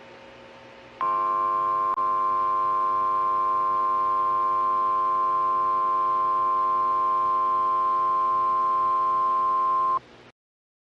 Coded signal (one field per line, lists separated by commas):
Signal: Emergency Alert System (SAME) tones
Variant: 1050 Hz attention tone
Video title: Dust Bowl in LA EAS scenario ￼